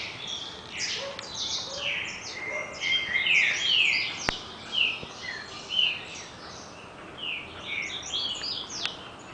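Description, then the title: Double-collared seedeater song: a long, fast series of bright whistled slurs and chips, with sharp clicks and constant background hiss. "Canto Coleiro"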